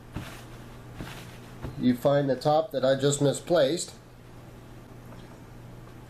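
After the refillable vape pod has been filled with e-liquid, its misplaced top cap is picked up and lined up on the pod, with a few soft handling knocks near 0.2 s and 1.0 s while someone talks from about 1.8 to 3.9 s. The cap has not snapped in yet; it needs to snap in on all four corners to avoid leakage.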